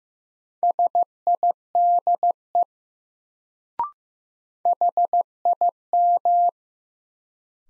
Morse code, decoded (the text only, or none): SIDE HIM